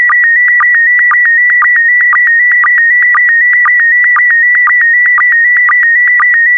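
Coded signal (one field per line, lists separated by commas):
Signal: SSTV (slow-scan television)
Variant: PD120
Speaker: transmission complete you can now check your decoded image against the picture that is shown on the video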